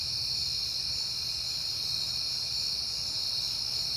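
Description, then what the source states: Continuous high-pitched cricket trilling, even and unbroken throughout, over faint low background noise. Crickets on a peaceful night in September.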